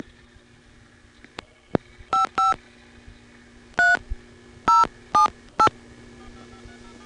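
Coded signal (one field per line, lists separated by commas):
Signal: DTMF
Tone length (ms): 150 ms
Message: 55 3 078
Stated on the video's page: Payphone signalling from privately owned payphones (COCOTs) in Georgia, recorded in 1986.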